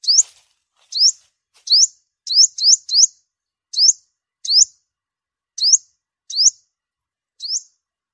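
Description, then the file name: Sunbird: high, sharp upslurred chip notes from a sunbird, about eleven in a row, spaced irregularly and sometimes paired. Vietnamese name: hút mật 5 màu, the five-colour sunbird. "tieng-hut-mat-5-mau-liu"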